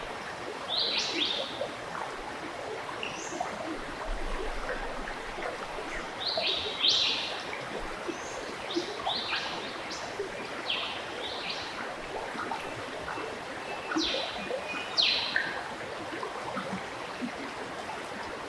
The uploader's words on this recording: Nature Sounds Tasmania - Esperance River Birdlife. The calming sound of Esperance River, and it’s Birdlife, in Southern lutruwita/Tasmania.